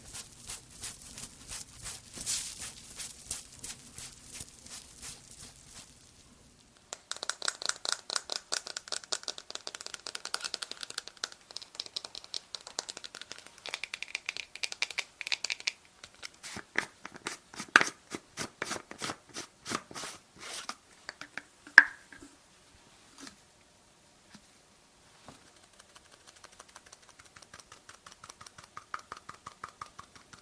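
Rapid layered tapping and brushing strokes come in dense bursts, pausing near seven seconds, with sharp clicks around twenty-two seconds before softer brushing.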